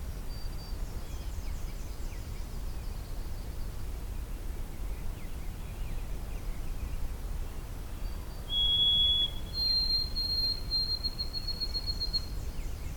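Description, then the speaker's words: White-throated Sparrow song: a clear pure whistle, then a long, higher held whistle, over faint calls of other birds and low background noise. Song of the 'Oh Sweet Canada' type, also rendered 'Old Sam Peabody'; recorded in the morning during a hike into a nature preserve, with other birds singing nearby. "This is the Oh Sweet Canada song. Or Old Sam Peabody."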